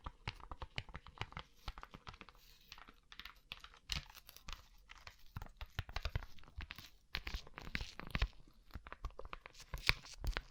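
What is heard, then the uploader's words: Fingertips tap quickly and unevenly across a rhinestone-covered surface, making a dense stream of crisp, bright clicks that sound a lot like typing. Some taps land harder, around four, eight and ten seconds, with faint crinkly rustling between the clicks. ASMR Rhinestone Covered Tapping 3Dio (No Talking).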